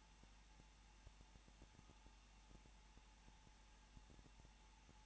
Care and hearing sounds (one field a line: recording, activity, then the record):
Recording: daily activity, microphone in the room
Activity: no activity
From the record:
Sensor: 1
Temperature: 20.2 degrees Celsius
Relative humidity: 35.7%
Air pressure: 994.6 hPa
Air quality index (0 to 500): 182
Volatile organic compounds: 7 ppm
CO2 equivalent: 2003 ppm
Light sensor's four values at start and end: 1/2/1/1 and 1/2/1/1